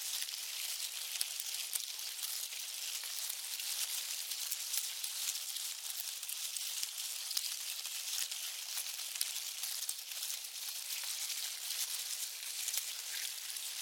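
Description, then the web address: Termite colony activity: a dense, steady high crackling hiss of countless tiny clicks and ticks, unbroken throughout, with no other sounds. Sound of the colony's activity and movement. "Blast Wave Update 3 Termites"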